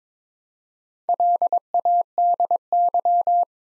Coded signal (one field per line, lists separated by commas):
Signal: Morse code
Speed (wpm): 22 wpm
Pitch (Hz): 700 Hz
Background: none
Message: LADY